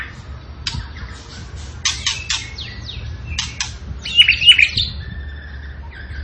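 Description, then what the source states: Tembakan bird giving harsh, raspy chip notes in irregular bursts, with thin whistled tones between them and a brief high chatter. Tembakan bird singing actively (gacor), used for training cage birds (masteran).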